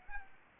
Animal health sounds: mosquito wingbeat signal from an infrared sensor; Anopheles arabiensis

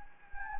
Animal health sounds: mosquito wingbeat signal from an infrared sensor; Anopheles gambiae

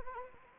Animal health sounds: mosquito wingbeat signal from an infrared sensor; Anopheles arabiensis

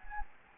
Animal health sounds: mosquito wingbeat signal from an infrared sensor; Anopheles gambiae

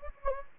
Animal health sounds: mosquito wingbeat signal from an infrared sensor; Anopheles gambiae

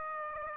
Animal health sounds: mosquito wingbeat signal from an infrared sensor; Aedes aegypti

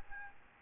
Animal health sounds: mosquito wingbeat signal from an infrared sensor; Aedes albopictus

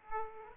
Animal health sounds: mosquito wingbeat signal from an infrared sensor; Aedes aegypti

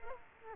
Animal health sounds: mosquito wingbeat signal from an infrared sensor; Culex quinquefasciatus

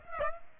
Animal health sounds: mosquito wingbeat signal from an infrared sensor; Aedes aegypti

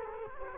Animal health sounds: mosquito wingbeat signal from an infrared sensor; Culex quinquefasciatus

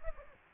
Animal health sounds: mosquito wingbeat signal from an infrared sensor; Aedes aegypti

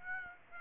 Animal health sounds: mosquito wingbeat signal from an infrared sensor; Aedes aegypti

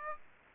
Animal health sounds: mosquito wingbeat signal from an infrared sensor; Aedes aegypti

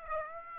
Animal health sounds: mosquito wingbeat signal from an infrared sensor; Aedes aegypti

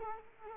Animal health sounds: mosquito wingbeat signal from an infrared sensor; Culex quinquefasciatus

